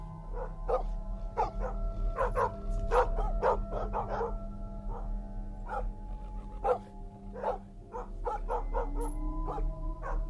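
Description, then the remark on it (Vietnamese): A dog barks from far off by a riverbank in a long series of short, sharp barks at an uneven pace, sometimes yelping higher, over a constant low droning hum. “Ở xa xa có tiếng chó cắn ma văng vẳng ở ngay chỗ bờ sông.”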